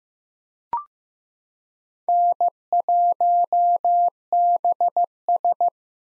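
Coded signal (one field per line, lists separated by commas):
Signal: Morse code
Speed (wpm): 15 wpm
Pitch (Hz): 700 Hz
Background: none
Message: N1BS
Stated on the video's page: Head-copy drill of common Parks on the Air activator callsigns at 15 WPM; each callsign is sent in Morse, spoken, then sent again.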